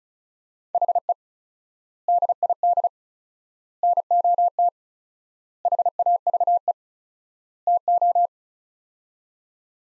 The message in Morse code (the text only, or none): HE DID NOT HAVE TO